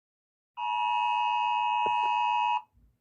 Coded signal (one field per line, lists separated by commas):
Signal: Emergency Alert System (SAME) tones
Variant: 853 and 960 Hz attention tone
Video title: Rating eas alarms part 1 with my besties.